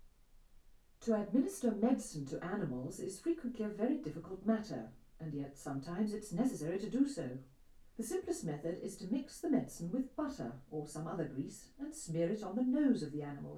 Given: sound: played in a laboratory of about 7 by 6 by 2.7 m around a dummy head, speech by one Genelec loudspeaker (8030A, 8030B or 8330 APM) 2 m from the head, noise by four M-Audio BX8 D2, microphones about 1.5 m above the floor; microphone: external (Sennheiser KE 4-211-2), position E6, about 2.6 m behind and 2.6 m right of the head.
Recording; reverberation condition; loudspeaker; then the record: female speech in English; low; 90 degrees to the right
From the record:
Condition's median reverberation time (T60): about 310 ms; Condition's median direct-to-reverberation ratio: about 3.5 dB